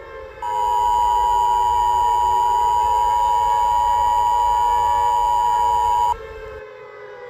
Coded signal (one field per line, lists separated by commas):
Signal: Emergency Alert System (SAME) tones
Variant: 853 and 960 Hz attention tone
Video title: EAS SCENARIO 6: Derrick's Rampage